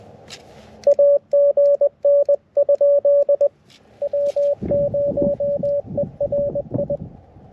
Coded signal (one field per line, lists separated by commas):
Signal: Morse code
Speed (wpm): 21 wpm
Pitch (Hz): 570 Hz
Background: none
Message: AGN? W0ERI